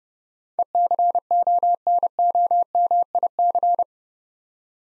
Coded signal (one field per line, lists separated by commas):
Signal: Morse code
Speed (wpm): 28 wpm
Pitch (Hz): 700 Hz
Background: none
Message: ECONOMIC